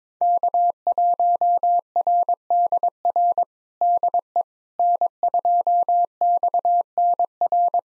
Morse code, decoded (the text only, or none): K1RDR DE N2XNR